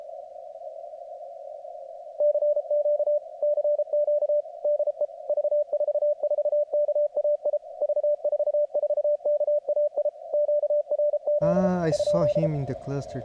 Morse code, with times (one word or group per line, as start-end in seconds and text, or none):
2.2-3.2 CQ
3.4-4.4 CQ
4.7-5.1 DE
5.3-7.6 V44KAI
7.8-10.1 V44KAI
10.3-11.7 QRZ
11.9-12.5 ?